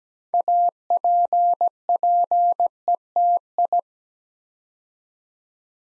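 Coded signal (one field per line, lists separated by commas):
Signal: Morse code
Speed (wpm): 17 wpm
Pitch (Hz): 700 Hz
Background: none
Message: APPETI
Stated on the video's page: Computer-generated Morse practice for beginners moving to words, copying 8-letter words three letters at a time at 17 wpm, building instant character recognition.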